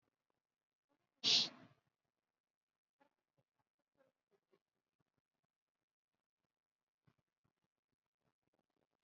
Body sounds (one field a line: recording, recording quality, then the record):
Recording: shallow breathing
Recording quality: moderate, slight background noise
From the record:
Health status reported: COVID-19 positive, mild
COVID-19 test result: positive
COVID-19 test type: RT-PCR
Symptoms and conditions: hypertension, diabetes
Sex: female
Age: 57 years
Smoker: no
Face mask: not worn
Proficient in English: no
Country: India